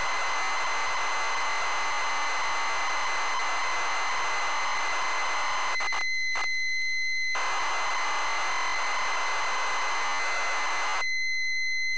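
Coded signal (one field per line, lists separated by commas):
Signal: ZX Spectrum tape loading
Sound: harsh buzzing data hiss with tones around 1 and 2 kHz, broken by brief gaps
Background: tape hiss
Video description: ZX Spectrum load up and quick game play of Shinobi loaded up using a zx spectrum +3 with a wh smith cpd8300 cassette player.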